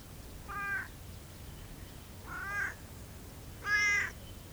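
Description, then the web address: Cat giving three short harmonic meows spaced over about four seconds, the last one loudest, over a low steady background hum. Farmyard cat purring and meowing, with a fly present, at Görestanya farmstead. "allathangok parasztudvar macska doromboloesnyavogomacska leggyel gorestanya"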